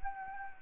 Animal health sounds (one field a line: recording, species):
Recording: mosquito wingbeat signal from an infrared sensor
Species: Anopheles arabiensis